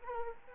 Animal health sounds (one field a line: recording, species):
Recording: mosquito wingbeat signal from an infrared sensor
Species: Anopheles arabiensis